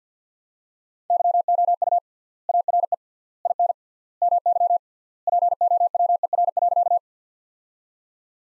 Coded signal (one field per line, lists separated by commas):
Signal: Morse code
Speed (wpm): 50 wpm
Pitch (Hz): 700 Hz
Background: none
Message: YOU ARE IN MY POWER.